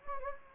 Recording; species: mosquito wingbeat signal from an infrared sensor; Anopheles gambiae